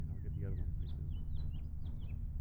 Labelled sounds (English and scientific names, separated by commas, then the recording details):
House Finch (Haemorhous mexicanus) song
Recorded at Woodmere on Long Island, New York, on 11 June 1975
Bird A